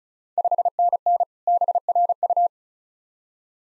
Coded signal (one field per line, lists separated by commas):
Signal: Morse code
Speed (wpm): 34 wpm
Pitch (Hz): 700 Hz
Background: none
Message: 5NN BRU